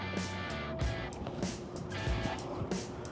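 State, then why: Not seated. A removable battery pack is fitted into an e-bike frame at an angle, lined up sideways before it is pushed home to lock, with music playing underneath. Small handling knocks are heard around 1.3, 2.7 and 3.1 seconds. Nothing has seated or clicked yet.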